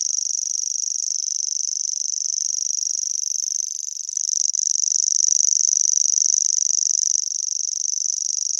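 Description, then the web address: Common grasshopper warbler song: a high, continuous, insect-like reel that runs unbroken throughout, wavering slightly in loudness with a brief dip near the middle. "Grashoppesanger"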